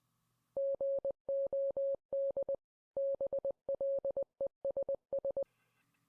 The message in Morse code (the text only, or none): GOD BLESS